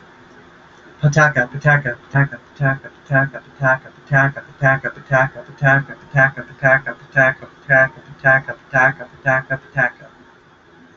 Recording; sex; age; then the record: repeated syllables /pa ta ka/; male; 20 to 29 years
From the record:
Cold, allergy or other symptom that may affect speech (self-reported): no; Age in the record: 21 years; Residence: Wyoming, United States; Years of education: 16